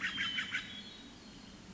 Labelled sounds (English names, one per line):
Hermit Thrush